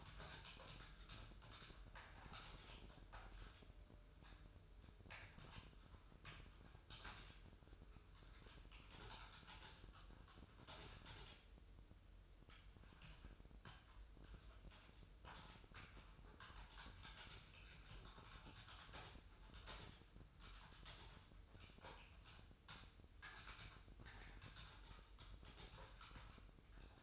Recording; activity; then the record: daily activity, microphone in the room; typing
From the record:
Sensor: 2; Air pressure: 988.6 hPa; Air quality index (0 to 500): 202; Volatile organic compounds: 265 ppm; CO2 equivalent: 4400 ppm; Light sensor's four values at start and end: 21/74/28/28 and 21/74/28/28